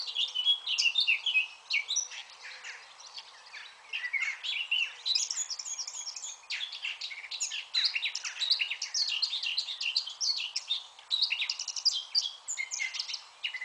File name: Sylvia atricapilla